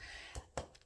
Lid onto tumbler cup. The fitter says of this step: a lot of pressure and i don't know if you heard it but it sort of pops into place